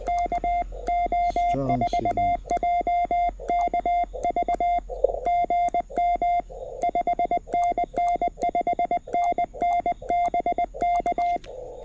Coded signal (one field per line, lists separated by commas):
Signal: Morse code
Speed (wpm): 21 wpm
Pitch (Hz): 2100 Hz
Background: none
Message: KO4JKV GM 5NN 5NN BK